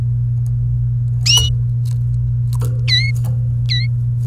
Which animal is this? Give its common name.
Domestic Canary